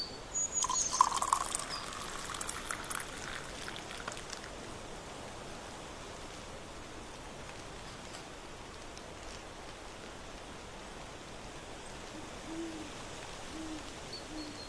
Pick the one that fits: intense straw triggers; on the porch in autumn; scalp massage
on the porch in autumn